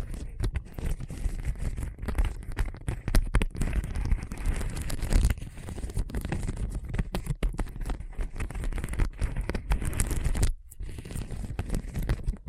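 Rough scratching and scraping across a hard, bumpy surface, dense and continuous with rapid irregular knocks, briefly stopping near ten seconds.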